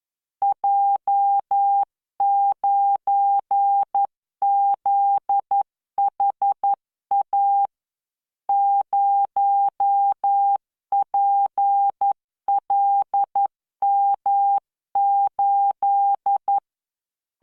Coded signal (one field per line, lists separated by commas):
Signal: Morse code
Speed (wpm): 11 wpm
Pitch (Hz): 800 Hz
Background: none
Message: J9ZHA 0PLM8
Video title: tamanのモールス練習動画7（モールス信号 速度11WPM スペース標準）Learn Morse Code